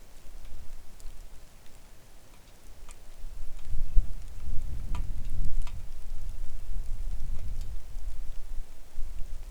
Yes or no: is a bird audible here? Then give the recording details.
no. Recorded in the Arctic National Wildlife Refuge, Alaska, on 3 August 2019 at 09:54. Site 41